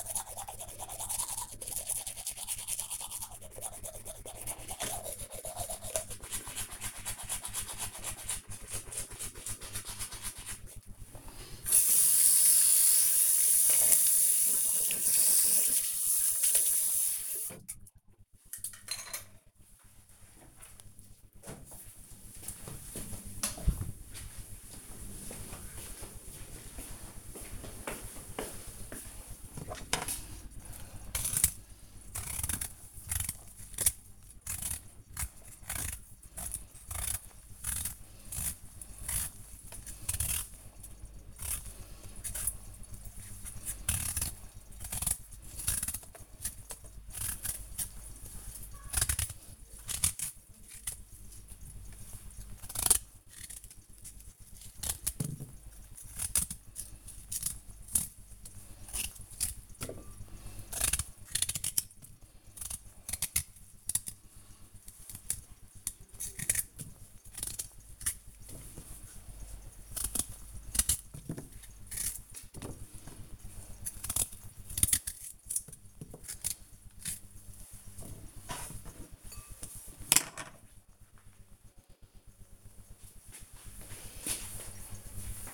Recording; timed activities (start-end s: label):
household activities, microphone on the right wrist
0.00-17.58 s: brushing teeth
30.66-80.07 s: cutting vegetables